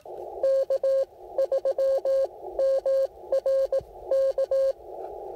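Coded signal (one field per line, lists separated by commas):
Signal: Morse code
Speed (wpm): 18 wpm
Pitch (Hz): 540 Hz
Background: radio noise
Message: K3MRK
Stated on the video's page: Real-time, unedited CW Parks On The Air activation calling CQ and working stations, using an Icom IC-705 with an Elecraft T1 tuner and a CHA Emcomm III Portable antenna.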